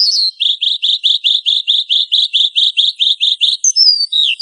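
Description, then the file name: Horsfield's bush lark delivering a quick steady series of many identical high chips, followed by a few descending whistled slurs. "suara burung branjangan"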